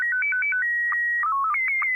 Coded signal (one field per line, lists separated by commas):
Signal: SSTV (slow-scan television)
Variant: Scottie 1